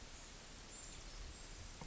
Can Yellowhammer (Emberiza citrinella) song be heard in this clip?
no